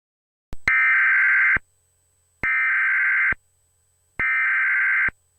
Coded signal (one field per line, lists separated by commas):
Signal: Emergency Alert System (SAME) tones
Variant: header bursts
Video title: EAS Scenario 2#: Krampus [Late Chirstmas Special]